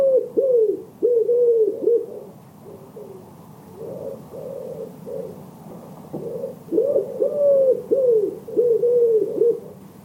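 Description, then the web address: Bird cooing in low, slightly bending notes, delivered in quick phrases separated by brief pauses, softer notes in the middle stretch. "Bird Only"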